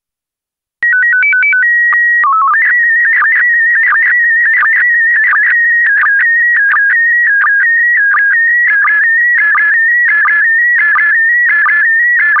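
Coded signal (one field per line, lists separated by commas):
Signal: SSTV (slow-scan television)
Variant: PD 90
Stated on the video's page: SSTV image in PD90 mode.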